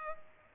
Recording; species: mosquito wingbeat signal from an infrared sensor; Culex pipiens